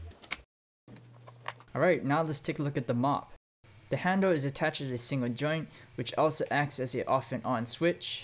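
A plastic part of a Liectroux F528A electric mop, its extendable pole or handle, is pushed into the mop head joint during assembly, and it snaps into place with a sharp click at 0.3 s. The part is seated, and someone then talks.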